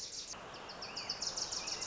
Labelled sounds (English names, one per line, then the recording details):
Wilson's Warbler
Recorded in Sonoma County, California